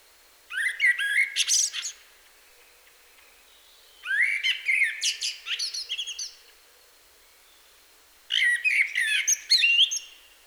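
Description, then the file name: Common blackbird song: three evenly spaced strophes, fluting low notes running into high, rattling squeaks, roughly every four seconds. "Turdus merula"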